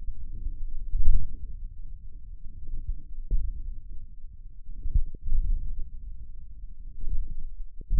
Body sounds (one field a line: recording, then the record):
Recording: forearm muscle sounds (acoustic myography)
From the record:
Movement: wrist flexion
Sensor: system 1, eight BSWA MPA416 microphones around the upper forearm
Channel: 8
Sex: male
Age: 28 years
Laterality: right